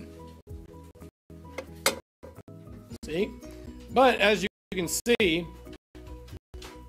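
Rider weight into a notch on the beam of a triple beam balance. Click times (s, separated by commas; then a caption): 1.9 s. The largest slider, the rider, on a triple beam balance is moved one position along the beam and drops into its notch with a sharp click at 1.9 seconds. The rider seats in place while someone talks over quiet background music.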